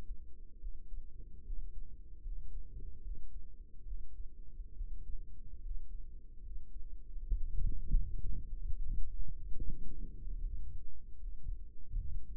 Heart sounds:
heart sounds by microphone in the right ear; 74 bpm
0.58 s: heartbeat
1.43 s: heartbeat
2.21 s: heartbeat
3.01 s: heartbeat
3.84 s: heartbeat
4.74 s: heartbeat
5.61 s: heartbeat
6.41 s: heartbeat
7.24 s: heartbeat
8.05 s: heartbeat
8.85 s: heartbeat
9.64 s: heartbeat
10.41 s: heartbeat
11.18 s: heartbeat
11.95 s: heartbeat
From the record:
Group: healthy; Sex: male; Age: 35 years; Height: 178 cm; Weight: 64 kg

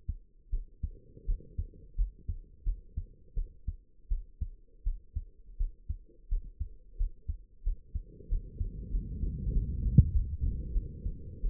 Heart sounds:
heart sounds by stethoscope; 88 bpm
0.51 s: heartbeat
1.26 s: heartbeat
1.96 s: heartbeat
2.64 s: heartbeat
3.35 s: heartbeat
4.09 s: heartbeat
4.84 s: heartbeat
5.58 s: heartbeat
6.29 s: heartbeat
6.97 s: heartbeat
7.63 s: heartbeat
8.29 s: heartbeat
8.90 s: heartbeat
9.52 s: heartbeat
10.12 s: heartbeat
10.72 s: heartbeat
11.42 s: heartbeat
From the record:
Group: healthy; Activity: rest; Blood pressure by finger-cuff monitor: 80/47 mmHg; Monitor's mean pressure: 60 mmHg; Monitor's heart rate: 86 bpm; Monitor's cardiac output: 8.1 L/min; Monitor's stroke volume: 96 mL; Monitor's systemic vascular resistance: 510 dyn s/cm5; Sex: female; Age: 22 years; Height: 161 cm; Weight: 65.5 kg

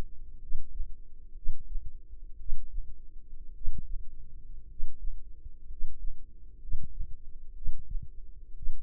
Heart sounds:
heart sounds by microphone in the left ear; 59 bpm
0.37 s: heartbeat
1.32 s: heartbeat
2.35 s: heartbeat
3.51 s: heartbeat
4.65 s: heartbeat
5.65 s: heartbeat
6.57 s: heartbeat
7.52 s: heartbeat
8.52 s: heartbeat
From the record:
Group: healthy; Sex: male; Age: 25 years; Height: 170 cm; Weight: 70.4 kg

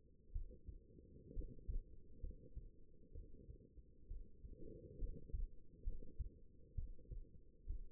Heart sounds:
heart sounds by stethoscope; 65 bpm
0.32 s: heartbeat
1.33 s: heartbeat
2.20 s: heartbeat
3.12 s: heartbeat
4.07 s: heartbeat
4.98 s: heartbeat
5.83 s: heartbeat
6.75 s: heartbeat
7.66 s: heartbeat
From the record:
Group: healthy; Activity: rest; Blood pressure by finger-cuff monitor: 111/72 mmHg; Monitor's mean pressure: 83 mmHg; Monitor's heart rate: 66 bpm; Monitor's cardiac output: 5.2 L/min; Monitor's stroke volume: 79 mL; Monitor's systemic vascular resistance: 1120 dyn s/cm5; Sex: female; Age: 22 years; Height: 171 cm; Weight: 65.6 kg

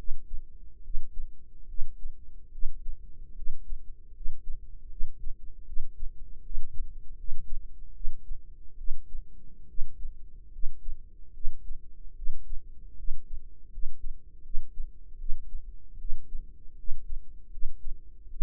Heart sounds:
heart sounds by microphone in the right ear; 76 bpm
0.80 s: heartbeat
1.65 s: heartbeat
2.49 s: heartbeat
3.33 s: heartbeat
4.11 s: heartbeat
4.87 s: heartbeat
5.63 s: heartbeat
6.41 s: heartbeat
7.14 s: heartbeat
7.92 s: heartbeat
8.75 s: heartbeat
9.66 s: heartbeat
10.49 s: heartbeat
11.31 s: heartbeat
12.13 s: heartbeat
12.94 s: heartbeat
13.68 s: heartbeat
14.41 s: heartbeat
15.16 s: heartbeat
15.96 s: heartbeat
16.74 s: heartbeat
17.48 s: heartbeat
18.28 s: heartbeat
From the record:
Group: healthy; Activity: rest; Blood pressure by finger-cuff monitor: 116/68 mmHg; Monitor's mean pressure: 85 mmHg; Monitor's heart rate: 74 bpm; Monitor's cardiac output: 6.7 L/min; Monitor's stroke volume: 91 mL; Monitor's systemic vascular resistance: 910 dyn s/cm5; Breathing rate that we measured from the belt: 18 breaths a minute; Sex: female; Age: 23 years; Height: 160 cm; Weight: 50.4 kg

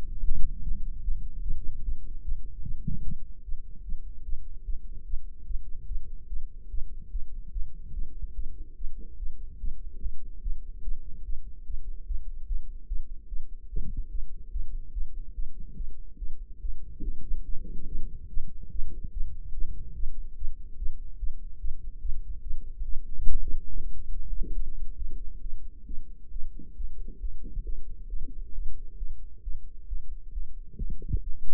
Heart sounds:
heart sounds by microphone in the right ear; 143 bpm
0.23 s: heartbeat
0.63 s: heartbeat
1.03 s: heartbeat
1.43 s: heartbeat
1.84 s: heartbeat
2.24 s: heartbeat
2.64 s: heartbeat
3.04 s: heartbeat
3.44 s: heartbeat
3.84 s: heartbeat
4.25 s: heartbeat
4.65 s: heartbeat
5.06 s: heartbeat
5.47 s: heartbeat
5.88 s: heartbeat
6.29 s: heartbeat
6.70 s: heartbeat
7.12 s: heartbeat
7.53 s: heartbeat
7.94 s: heartbeat
8.35 s: heartbeat
8.77 s: heartbeat
9.18 s: heartbeat
9.60 s: heartbeat
10.01 s: heartbeat
10.43 s: heartbeat
10.84 s: heartbeat
11.25 s: heartbeat
11.66 s: heartbeat
12.07 s: heartbeat
12.47 s: heartbeat
12.88 s: heartbeat
13.28 s: heartbeat
13.69 s: heartbeat
14.11 s: heartbeat
14.52 s: heartbeat
14.93 s: heartbeat
15.35 s: heartbeat
15.76 s: heartbeat
16.18 s: heartbeat
16.61 s: heartbeat
17.03 s: heartbeat
17.45 s: heartbeat
17.87 s: heartbeat
18.29 s: heartbeat
18.71 s: heartbeat
19.13 s: heartbeat
19.54 s: heartbeat
19.95 s: heartbeat
20.37 s: heartbeat
20.78 s: heartbeat
21.19 s: heartbeat
21.60 s: heartbeat
22.01 s: heartbeat
22.43 s: heartbeat
22.85 s: heartbeat
23.27 s: heartbeat
23.70 s: heartbeat
24.12 s: heartbeat
24.54 s: heartbeat
24.97 s: heartbeat
25.41 s: heartbeat
25.86 s: heartbeat
26.31 s: heartbeat
26.76 s: heartbeat
27.20 s: heartbeat
27.64 s: heartbeat
28.08 s: heartbeat
28.53 s: heartbeat
28.97 s: heartbeat
29.43 s: heartbeat
29.88 s: heartbeat
30.32 s: heartbeat
30.77 s: heartbeat
31.22 s: heartbeat
From the record:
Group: healthy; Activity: rest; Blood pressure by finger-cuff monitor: 113/76 mmHg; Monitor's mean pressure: 88 mmHg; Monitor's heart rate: 146 bpm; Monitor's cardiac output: 12.7 L/min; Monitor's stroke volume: 87 mL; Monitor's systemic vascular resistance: 510 dyn s/cm5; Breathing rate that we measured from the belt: 25 breaths a minute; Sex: female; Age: 19 years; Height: 163 cm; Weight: 51 kg

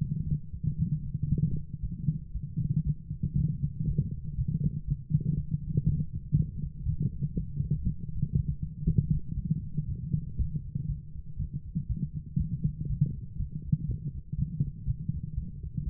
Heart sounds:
heart sounds by stethoscope; 119 bpm
0.24 s: heartbeat
0.77 s: heartbeat
1.29 s: heartbeat
1.81 s: heartbeat
2.33 s: heartbeat
2.84 s: heartbeat
3.36 s: heartbeat
3.86 s: heartbeat
4.36 s: heartbeat
4.86 s: heartbeat
5.35 s: heartbeat
5.85 s: heartbeat
6.34 s: heartbeat
6.84 s: heartbeat
7.34 s: heartbeat
7.84 s: heartbeat
8.34 s: heartbeat
8.85 s: heartbeat
9.35 s: heartbeat
9.87 s: heartbeat
10.37 s: heartbeat
10.87 s: heartbeat
11.37 s: heartbeat
11.88 s: heartbeat
12.38 s: heartbeat
12.88 s: heartbeat
13.37 s: heartbeat
13.87 s: heartbeat
14.36 s: heartbeat
14.86 s: heartbeat
15.35 s: heartbeat
15.85 s: heartbeat
From the record:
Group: healthy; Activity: light exercise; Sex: female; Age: 24 years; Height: 163 cm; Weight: 55.7 kg

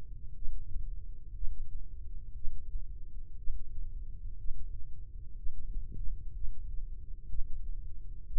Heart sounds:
heart sounds by microphone in the left ear; 61 bpm
0.36 s: heartbeat
1.35 s: heartbeat
2.36 s: heartbeat
3.38 s: heartbeat
4.39 s: heartbeat
5.37 s: heartbeat
6.35 s: heartbeat
7.29 s: heartbeat
8.27 s: heartbeat
From the record:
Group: healthy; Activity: breath hold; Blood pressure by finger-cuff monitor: 121/70 mmHg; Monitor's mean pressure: 87 mmHg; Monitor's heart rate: 60 bpm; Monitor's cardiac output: 3.7 L/min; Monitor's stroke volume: 61 mL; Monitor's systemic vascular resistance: 1730 dyn s/cm5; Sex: male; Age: 55 years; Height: 167 cm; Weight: 57.2 kg

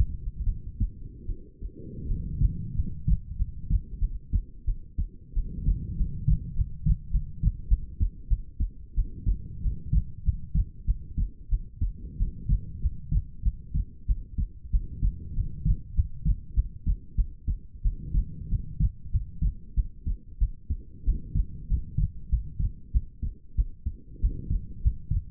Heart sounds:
heart sounds by stethoscope; 94 bpm
0.44 s: heartbeat
1.26 s: heartbeat
2.06 s: heartbeat
2.74 s: heartbeat
3.36 s: heartbeat
3.99 s: heartbeat
4.65 s: heartbeat
5.33 s: heartbeat
5.96 s: heartbeat
6.55 s: heartbeat
7.11 s: heartbeat
7.68 s: heartbeat
8.28 s: heartbeat
8.95 s: heartbeat
9.61 s: heartbeat
10.23 s: heartbeat
10.85 s: heartbeat
11.49 s: heartbeat
12.17 s: heartbeat
12.81 s: heartbeat
13.43 s: heartbeat
14.06 s: heartbeat
14.71 s: heartbeat
15.34 s: heartbeat
15.94 s: heartbeat
16.54 s: heartbeat
17.15 s: heartbeat
17.82 s: heartbeat
18.49 s: heartbeat
19.11 s: heartbeat
19.75 s: heartbeat
20.38 s: heartbeat
21.04 s: heartbeat
21.68 s: heartbeat
22.29 s: heartbeat
22.92 s: heartbeat
23.55 s: heartbeat
24.20 s: heartbeat
24.82 s: heartbeat
From the record:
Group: healthy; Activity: rest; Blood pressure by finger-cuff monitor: 105/70 mmHg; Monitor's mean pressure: 81 mmHg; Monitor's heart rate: 95 bpm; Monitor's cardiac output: 7.2 L/min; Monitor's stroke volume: 78 mL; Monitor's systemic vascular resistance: 800 dyn s/cm5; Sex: female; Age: 19 years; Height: 163 cm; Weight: 48.9 kg

